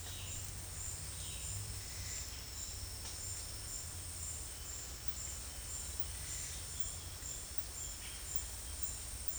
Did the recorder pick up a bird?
no